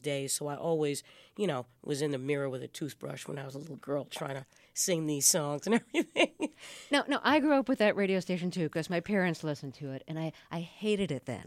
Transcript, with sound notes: So I always, you know, was in the mirror with a toothbrush when I was a little girl, trying to sing these songs and everything.
(SOUNDBITE OF LAUGHTER)
Now, I grew up with that radio station, too, because my parents listened to it. And I hated it then.